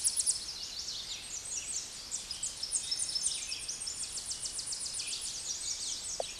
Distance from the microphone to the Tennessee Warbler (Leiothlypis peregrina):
about 25 m